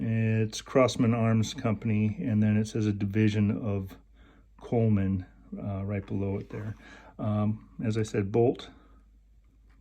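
Someone talks while handling the bolt in the receiver of a vintage Crosman Model 70 CO2 bolt-action air rifle, a copy of the Winchester 70 made from 1973 to 1980. Only speech is heard; the bolt has not yet locked into place, and nothing has seated or clicked.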